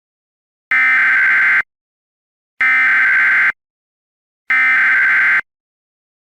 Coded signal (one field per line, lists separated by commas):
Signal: Emergency Alert System (SAME) tones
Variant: header bursts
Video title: EAS Mock - The Clear Lake Eruption